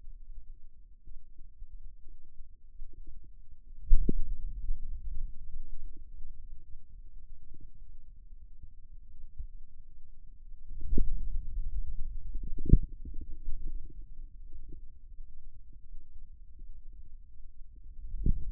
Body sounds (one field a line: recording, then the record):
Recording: forearm muscle sounds (acoustic myography)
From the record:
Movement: radial deviation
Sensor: system 2, bracelet of six BSWA MPA416 microphones around the upper forearm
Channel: 2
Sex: male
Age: 22 years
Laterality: right